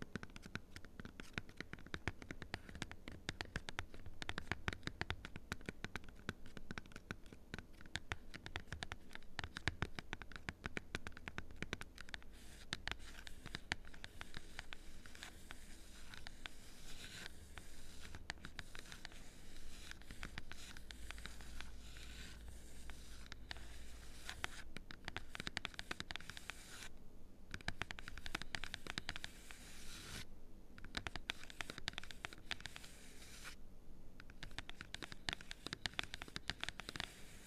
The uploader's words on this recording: ASMR Cardboard Taps! (No Talking).